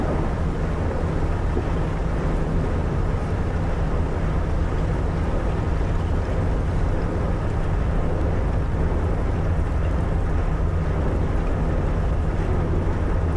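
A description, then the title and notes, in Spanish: A ship's engines drone steadily as the vessel cuts through icy water, a dense low rumble with a few fixed hum tones at the bottom. The level stays constant throughout, with a rough, washing hiss of water layered over the engine noise. Un rompehielos navegando por el helado mar Báltico cerca de la mágica Laponia finlandesa. Escucha el zumbido rítmico de los motores del barco mientras cortan las aguas heladas.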